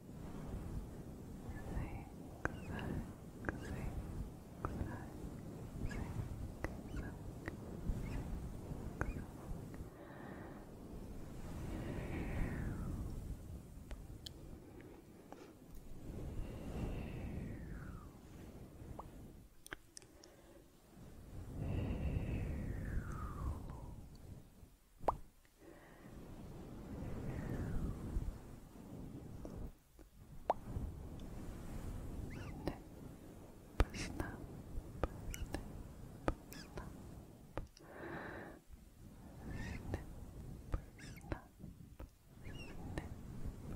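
Soft, slow mouth sounds close up, with frequent wet clicks and pops, low brushing swells, and occasional rising smacks throughout.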